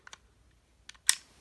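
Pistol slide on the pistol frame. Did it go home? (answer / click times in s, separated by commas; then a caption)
released / 1.1 s. During disassembly of a Ruger EC9s 9mm pistol, the steel slide on the pistol frame is pulled back a tiny bit. A few faint clicks are followed by a small, sharp click at 1.1 seconds. The slide is now released so it can slide forward off the frame.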